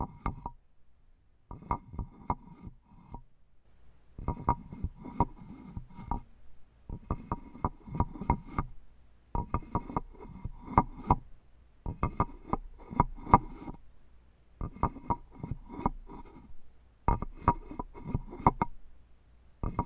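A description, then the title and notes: Wooden tapping and rubbing come in short bursts of quick, irregular taps, each lasting one to two seconds with brief pauses between. The taps are sharp and clicky with a hollow knock, and a faint low hum sits underneath throughout. Wood ASMR soothing tapping and rubbing triggers. A variety of tapping, rubbing, and more.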